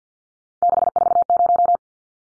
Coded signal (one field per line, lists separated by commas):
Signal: Morse code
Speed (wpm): 54 wpm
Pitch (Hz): 700 Hz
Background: none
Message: 640